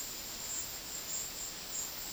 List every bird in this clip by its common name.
none